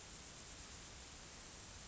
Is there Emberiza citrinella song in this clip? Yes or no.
no